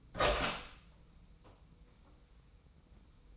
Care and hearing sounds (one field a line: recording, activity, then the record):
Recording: daily activity, microphone in the room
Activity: open door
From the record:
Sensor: 1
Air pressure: 990.5 hPa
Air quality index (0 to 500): 160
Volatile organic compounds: 1000 ppm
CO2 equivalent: 5812 ppm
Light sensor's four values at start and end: 33/74/32/34 and 32/73/32/34